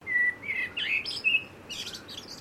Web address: Sound Effects-Foundation 1 BIRD BLACKBIRD CALL